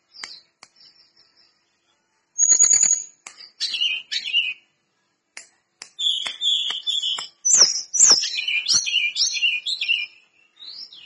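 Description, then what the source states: Lesser Shortwing song: high, rapid jumbled phrases of thin whistles and trills that break off and restart, with sharp clicking ticks between bursts. Singing actively (gacor).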